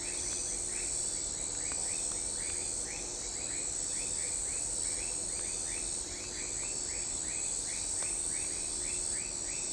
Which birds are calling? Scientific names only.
none